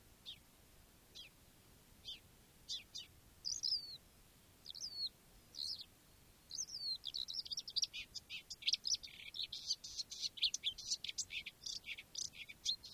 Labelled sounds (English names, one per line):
Marsh Warbler